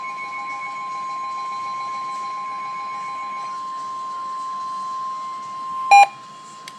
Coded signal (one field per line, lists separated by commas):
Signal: Emergency Alert System (SAME) tones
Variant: 1050 Hz attention tone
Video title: EAS #184 - Severe Thunderstorm Warning